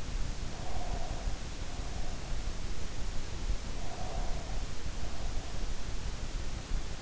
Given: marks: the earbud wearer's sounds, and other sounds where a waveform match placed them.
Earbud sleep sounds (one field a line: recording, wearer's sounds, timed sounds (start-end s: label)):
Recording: sounds in sleep by an in-ear microphone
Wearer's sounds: breath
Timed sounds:
0.49-2.47 s: breath
3.77-5.82 s: breath